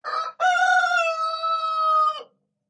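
Rooster crowing: a short opening note, a brief gap, then a long harmonic-rich crow held steadily for nearly two seconds before cutting off cleanly.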